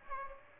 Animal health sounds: mosquito wingbeat signal from an infrared sensor; Aedes aegypti

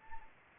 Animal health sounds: mosquito wingbeat signal from an infrared sensor; Anopheles arabiensis

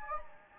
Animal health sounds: mosquito wingbeat signal from an infrared sensor; Anopheles gambiae

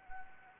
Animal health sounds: mosquito wingbeat signal from an infrared sensor; Anopheles arabiensis

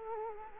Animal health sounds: mosquito wingbeat signal from an infrared sensor; Culex quinquefasciatus

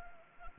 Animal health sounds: mosquito wingbeat signal from an infrared sensor; Anopheles gambiae

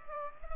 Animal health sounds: mosquito wingbeat signal from an infrared sensor; Culex pipiens

